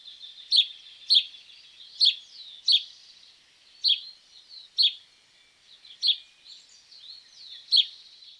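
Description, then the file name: House sparrow chirps: sharp, clipped notes repeated roughly every second, each a bright chirp, with softer twittering between them. "Passer domesticus"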